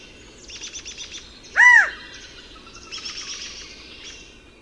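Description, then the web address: California Quail giving a single loud, arched, whistled note, with softer twittering from other birds before and after. Common western North American species. "Songs of Birds of North America Know Your Bird Sounds Common Western Species. California Quail"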